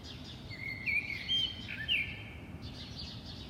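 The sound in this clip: Bird song: thin whistled notes and short twittering slurs, faint over a steady low background rumble.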